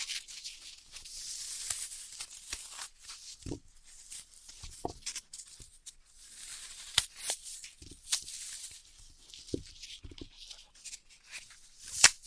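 Floral foam is cut and crushed in irregular bursts of crisp, bright crackling and scraping, with a few dull thumps and sharp clicks throughout.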